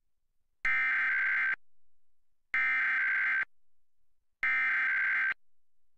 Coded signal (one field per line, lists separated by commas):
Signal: Emergency Alert System (SAME) tones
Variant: header bursts